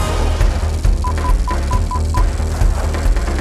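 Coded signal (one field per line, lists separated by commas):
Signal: none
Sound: TV show music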